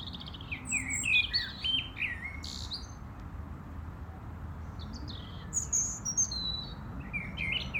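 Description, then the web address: European robin song: a brief phrase of high, sweet, varied notes, a quiet pause, then another twittering high phrase, over a constant low hum. "rotkehlchen"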